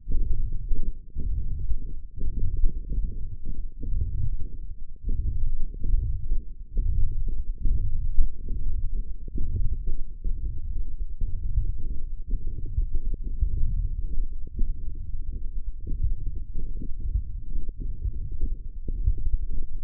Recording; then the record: forearm muscle sounds (acoustic myography)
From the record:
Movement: hand opening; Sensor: system 1, eight BSWA MPA416 microphones around the upper forearm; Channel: 5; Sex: male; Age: 23 years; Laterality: right